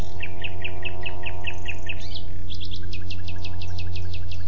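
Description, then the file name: Common nightingale repeating a chirping note several times, then a quick series of sharp notes, over a steady low hum. "Luscinia megarhynchos"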